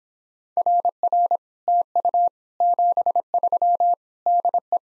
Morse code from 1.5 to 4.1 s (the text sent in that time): TU 73